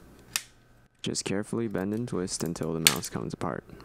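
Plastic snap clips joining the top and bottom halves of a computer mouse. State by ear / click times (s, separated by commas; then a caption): released / 0.4 s. The plastic snap clips joining the top and bottom halves of a Logitech G305 gaming mouse are pried apart after the screws are removed, and a sharp click sounds at 0.4 s as a clip releases. Someone then talks through the rest of the clip. The click is a normal clip release, not a cracking noise, and the halves come free.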